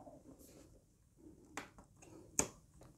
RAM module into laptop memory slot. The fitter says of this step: yeah you'll hear a click and then you just push it in